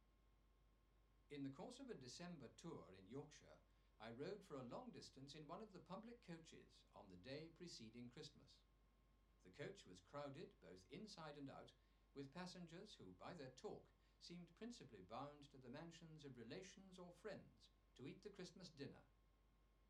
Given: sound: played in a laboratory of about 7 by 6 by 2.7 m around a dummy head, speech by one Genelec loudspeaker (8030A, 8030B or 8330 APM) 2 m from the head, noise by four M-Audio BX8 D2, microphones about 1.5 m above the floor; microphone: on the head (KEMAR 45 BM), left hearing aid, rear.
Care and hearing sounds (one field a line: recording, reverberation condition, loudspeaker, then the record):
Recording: male speech in English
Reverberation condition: low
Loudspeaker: behind (180 degrees)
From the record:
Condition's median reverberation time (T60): about 310 ms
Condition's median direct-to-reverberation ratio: about 3.5 dB